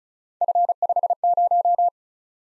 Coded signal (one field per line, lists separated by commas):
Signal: Morse code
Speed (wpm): 34 wpm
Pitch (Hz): 700 Hz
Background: none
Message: F50